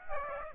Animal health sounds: mosquito wingbeat signal from an infrared sensor; Aedes aegypti

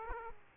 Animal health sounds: mosquito wingbeat signal from an infrared sensor; Aedes aegypti

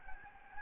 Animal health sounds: mosquito wingbeat signal from an infrared sensor; Anopheles gambiae

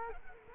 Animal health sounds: mosquito wingbeat signal from an infrared sensor; Culex quinquefasciatus

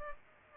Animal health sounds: mosquito wingbeat signal from an infrared sensor; Culex pipiens

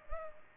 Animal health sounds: mosquito wingbeat signal from an infrared sensor; Culex pipiens

